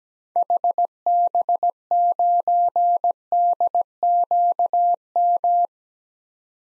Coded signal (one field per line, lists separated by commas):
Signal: Morse code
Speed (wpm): 17 wpm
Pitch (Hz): 700 Hz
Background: none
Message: HB9DQM